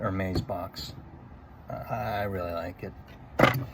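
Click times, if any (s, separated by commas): none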